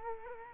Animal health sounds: mosquito wingbeat signal from an infrared sensor; Culex quinquefasciatus

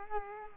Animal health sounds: mosquito wingbeat signal from an infrared sensor; Culex quinquefasciatus

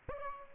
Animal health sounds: mosquito wingbeat signal from an infrared sensor; Aedes albopictus

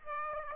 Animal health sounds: mosquito wingbeat signal from an infrared sensor; Aedes aegypti

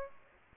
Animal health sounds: mosquito wingbeat signal from an infrared sensor; Aedes aegypti

